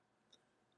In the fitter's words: and rotate it backwards until you hear a click or feel a click